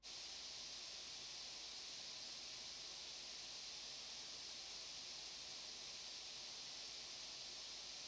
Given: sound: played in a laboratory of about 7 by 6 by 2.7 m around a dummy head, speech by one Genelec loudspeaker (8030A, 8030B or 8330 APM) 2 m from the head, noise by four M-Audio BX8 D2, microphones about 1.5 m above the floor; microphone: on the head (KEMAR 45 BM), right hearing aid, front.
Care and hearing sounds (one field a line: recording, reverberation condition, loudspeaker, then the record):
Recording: white noise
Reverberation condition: low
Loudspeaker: four, about 170 cm from the corners of the room and facing them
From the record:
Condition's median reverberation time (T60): about 310 ms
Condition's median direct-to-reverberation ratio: about 3.5 dB